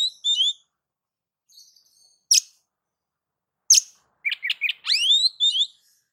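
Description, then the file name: Oriental magpie-robin song: high whistled slurs, two sharp harsh notes, then a quick run of short notes and a long rising whistle, with gaps between phrases. "Suara-Kacer-Versi-7"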